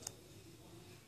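A stylus is pushed down into its slot on a Nintendo 3DS handheld game console, deliberately made as loud as possible to show the click. One sharp, bright click at 0.1 s stands out above a quiet, low background hum. The stylus seats in its slot.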